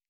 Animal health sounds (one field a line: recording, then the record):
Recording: hydrophone in a shrimp aquaculture tank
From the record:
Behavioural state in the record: stressed